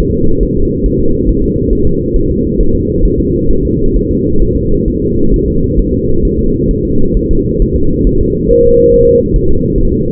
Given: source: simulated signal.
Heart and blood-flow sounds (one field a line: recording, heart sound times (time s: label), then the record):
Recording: fetal heart sounds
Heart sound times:
0.00 s: S1
0.14 s: S2
0.43 s: S1
0.57 s: S2
0.86 s: S1
1.00 s: S2
1.29 s: S1
1.44 s: S2
1.73 s: S1
1.87 s: S2
2.16 s: S1
2.30 s: S2
2.61 s: S1
2.75 s: S2
3.05 s: S1
3.20 s: S2
3.51 s: S1
3.65 s: S2
3.96 s: S1
4.11 s: S2
4.42 s: S1
4.56 s: S2
4.88 s: S1
5.02 s: S2
5.34 s: S1
5.48 s: S2
5.79 s: S1
5.94 s: S2
6.25 s: S1
6.39 s: S2
6.71 s: S1
6.85 s: S2
7.17 s: S1
7.31 s: S2
7.62 s: S1
7.76 s: S2
8.07 s: S1
8.21 s: S2
8.51 s: S1
8.65 s: S2
8.94 s: S1
9.08 s: S2
9.36 s: S1
9.50 s: S2
9.78 s: S1
9.92 s: S2
From the record:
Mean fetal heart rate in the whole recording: 135 bpm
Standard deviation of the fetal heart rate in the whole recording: 3 bpm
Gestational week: 36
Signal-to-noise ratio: -17.7 dB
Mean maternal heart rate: 72 bpm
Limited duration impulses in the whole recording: present